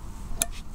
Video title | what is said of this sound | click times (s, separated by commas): Fire Maple 'Polaris' - *New* Regulated Stove System - Review | just clicks into place and locks into place there really handy | 0.4 s